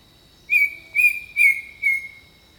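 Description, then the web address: Bird singing a short series of four level whistles, evenly spaced, with a persistent high insect buzz underneath. Jungle birdsong. "The Natural Sounds of the Wilderness 10 CDs collection Echoes of Nature - Jungle Talk 01 Jungle Birdsong"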